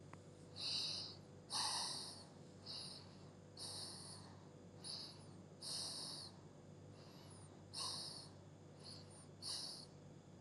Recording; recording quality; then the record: shallow breathing; excellent, no background noise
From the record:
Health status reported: healthy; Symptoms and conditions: none ticked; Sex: female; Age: 25 years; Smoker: not ticked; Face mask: not worn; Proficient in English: yes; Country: India